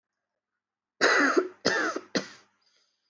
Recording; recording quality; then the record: heavy voluntary cough; excellent, no background noise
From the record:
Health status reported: healthy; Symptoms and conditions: none ticked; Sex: female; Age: 18 years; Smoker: not ticked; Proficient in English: yes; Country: India